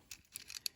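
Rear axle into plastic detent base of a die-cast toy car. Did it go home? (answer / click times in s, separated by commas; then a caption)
yes / 0.1 s, 0.4 s, 0.5 s, 0.6 s, 0.7 s. The rear axle of a die-cast toy car is pulled out to set its high-rake ride height, clicking through the plastic detents of the base. Sharp, bright clicks sound at 0.1, 0.4, 0.5, 0.6 and 0.7 seconds, the last being the loudest. The axle seats in the raised position.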